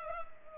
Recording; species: mosquito wingbeat signal from an infrared sensor; Culex pipiens